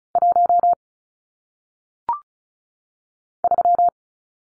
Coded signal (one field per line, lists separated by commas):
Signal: Morse code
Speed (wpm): 36 wpm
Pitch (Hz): 700 Hz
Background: none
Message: 1 3